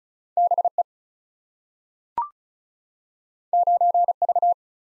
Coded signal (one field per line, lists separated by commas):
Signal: Morse code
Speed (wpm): 36 wpm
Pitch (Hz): 700 Hz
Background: none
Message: B E 9 V